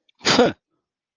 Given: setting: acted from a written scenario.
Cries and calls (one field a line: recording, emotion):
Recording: vocal sound without words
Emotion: contempt